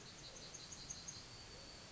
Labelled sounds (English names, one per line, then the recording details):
Yellowhammer song
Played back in forest
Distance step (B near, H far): F
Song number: 135